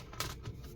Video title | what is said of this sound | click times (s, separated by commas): Lenovo ThinkPad P51s Disassembly LCD Screen Replacement Repair | bottom goes in first. Make sure it's all clipped in. | 0.2 s